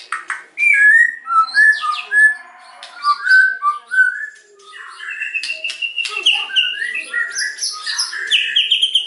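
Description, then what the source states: White-rumped shama delivering varied whistled phrases and quick chirps in a continuous, energetic stream. Lure recording (pancingan) meant to provoke a response from other birds; the bird is described as singing actively (gacor).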